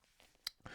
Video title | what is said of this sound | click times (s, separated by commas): Amaros L'Odyssée Automatic GMT 4K Watch Review | Pushing it back in, it's got a nice positive click and that restarts the caliber. | 0.5 s